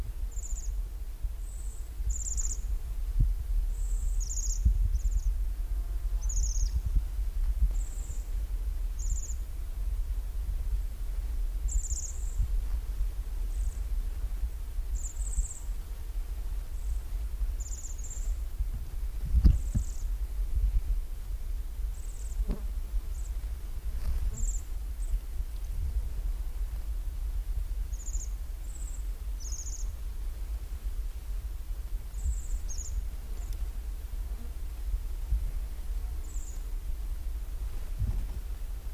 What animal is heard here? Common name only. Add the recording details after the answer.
Bohemian Waxwing. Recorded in the wild. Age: adult. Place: Halbinsel Kindo, Karelien, RU. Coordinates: 66.5472, 33.0867. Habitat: taiga. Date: 1990-07-07 22:44. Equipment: Uher 4000 Report Monitor, Sennheiser MKH 416 T. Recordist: Frommolt, Karl-Heinz